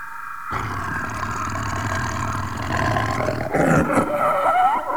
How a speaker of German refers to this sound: Kein Elefant, es war ein Leopard. Er hatte sich in einer Fußangel verfangen.